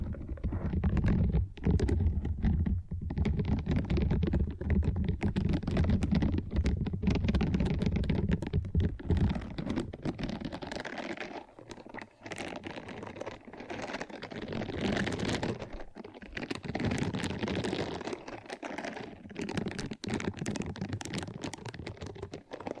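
Dense, continuous scratching and brushing, heavy and low for the first ten seconds, then thinner and brighter with brief pauses and sharp clicks.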